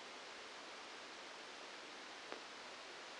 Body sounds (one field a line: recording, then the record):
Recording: brain microelectrode recording played as sound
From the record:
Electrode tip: outside the subthalamic nucleus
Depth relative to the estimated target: -6 mm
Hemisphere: right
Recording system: NeuroSet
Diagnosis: Parkinson's disease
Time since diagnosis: 8 years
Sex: male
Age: 65 years